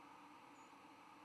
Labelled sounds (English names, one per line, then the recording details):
White-throated Sparrow flight call
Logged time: 07:19 on 10 November 2014